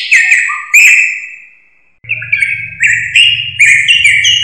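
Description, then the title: Drongo calls: short whistled notes and a long whistle that fades, then a quick series of bright, clipped notes over a steady low hum. "Suara Srigunting. Hobiburung"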